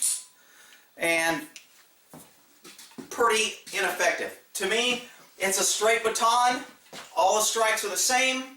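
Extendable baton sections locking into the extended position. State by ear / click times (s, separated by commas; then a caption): seated / 0.0 s. A short extendable baton with a plastic lower section and an aluminum top is snapped open, and its sections lock into the extended position with a single sharp mechanical click at 0.0 s. Someone then talks for the rest of the clip.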